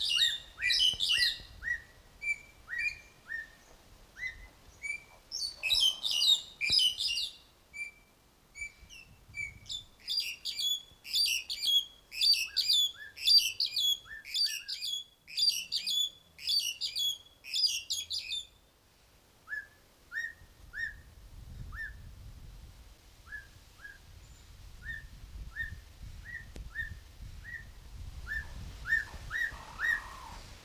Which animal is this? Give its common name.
Black-collared Starling